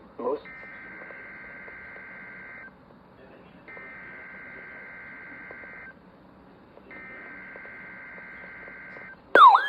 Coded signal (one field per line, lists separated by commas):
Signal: Emergency Alert System (SAME) tones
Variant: header bursts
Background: speech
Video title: Child Abduction Emergency EAS 144